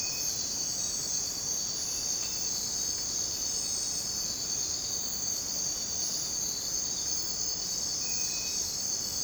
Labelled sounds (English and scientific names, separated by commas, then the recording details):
none
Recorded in dense forest near Puerto Asís, Putumayo, Colombia, on 21 December 2024 at 04:30
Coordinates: 0.466, -76.327
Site G075